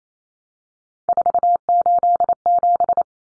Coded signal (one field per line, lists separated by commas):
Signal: Morse code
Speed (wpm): 28 wpm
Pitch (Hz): 700 Hz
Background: none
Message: 487